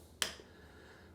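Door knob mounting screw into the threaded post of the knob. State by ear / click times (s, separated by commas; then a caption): seated / 0.2 s. A metal machine screw for a door knob is turned backwards by hand in the knob's threaded post until its thread end drops into the start position with a sharp, small click at 0.2 s, showing it is seated and not cross-threaded. After the click, only quiet low hum remains, with a faint soft sound near 1.2 s.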